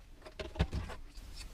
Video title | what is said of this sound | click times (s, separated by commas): Dron Dji Mavic Air2 Płozy do wodowania - OLZA - Camping Europa #94 | у нас есть щелчок, | 0.4 s